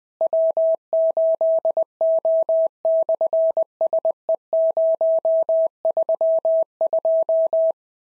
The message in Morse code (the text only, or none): W8O/SE032